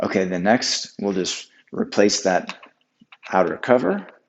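Someone talks while the outer plastic cover is being put back onto the foot of a Thule Evo Clamp roof rack with WingBar Evo crossbars on a 2019+ Lexus ES 4-door sedan. Faint light clicking sounds are heard under the talk during the handling. The cover has not snapped into place yet and nothing has seated by the end of the clip.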